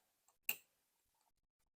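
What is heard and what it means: A locking collar is pushed onto the connector or pipe fitting during the installation of a Midnight Motorsports Fog'r700 on a BMW 535i. After a faint tick, a single sharp click sounds at 0.5 s and trails off quickly, followed by a few soft ticks. The collar snaps into place and is seated.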